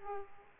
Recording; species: mosquito wingbeat signal from an infrared sensor; Aedes aegypti